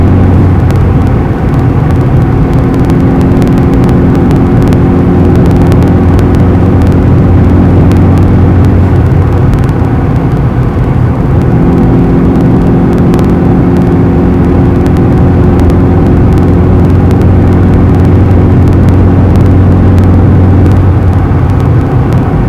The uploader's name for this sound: Car (White Noise)